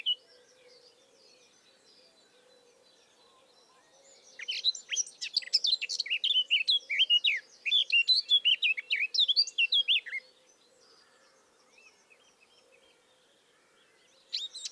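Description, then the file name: Eurasian blackcap: after a quiet start with faint notes, about six seconds of dense, rushing warbling, then quiet until a brief new note at the very end. "Sylvia atricapilla"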